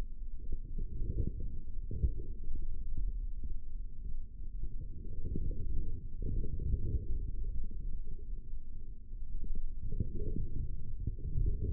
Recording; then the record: forearm muscle sounds (acoustic myography)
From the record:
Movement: forearm supination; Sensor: system 3, bracelet of six PUI Audio POM-2738L microphones around the upper forearm, with dedicated amplification and filtering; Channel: 5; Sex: male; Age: 25 years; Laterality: right